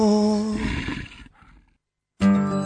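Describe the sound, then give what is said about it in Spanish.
A loud, throaty wolf growl sound effect in a radio promo for a Friday-night program on FM Moreno rumbles with a harsh, buzzing tone. It fades into a short silence, then bursts back in abruptly just as strong. “Todos los viernes, a partir de las 10 de la noche, hay un lobo suelto.”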